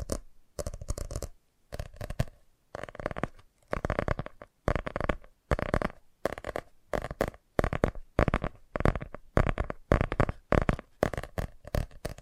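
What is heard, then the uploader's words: Fast tapping comes in short rapid bursts, each lasting about half a second, with brief silences between them. The bursts repeat fairly regularly, roughly every 0.7 seconds, for the whole stretch. Each one is a dense, rattling flurry with a full, bright sound. FAST TAPPING (No Talking).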